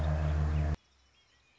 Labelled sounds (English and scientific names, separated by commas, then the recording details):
Red-winged Blackbird (Agelaius phoeniceus)
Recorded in Sonoma County, California